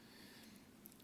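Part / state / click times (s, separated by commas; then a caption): body screw into folding knife handle / seated / 0.9 s. A body screw is turned backwards in the handle scale of a MassDrop FFKW Falcon folding knife to find the thread start and avoid cross-threading. Under a quiet, steady background hush, a sharp little click at 0.9 s marks the screw's thread dropping into the threaded hole, followed by two fainter ticks near 0.9 and 1.0 s. The threads are seated correctly.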